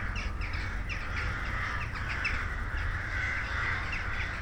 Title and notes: St. Peter-Ording, 25826 Sankt Peter-Ording, Germany - crows at night kraehen am spaeten abend. ein kraehenschwarm am abendhimmel. a swarm of crows at night sky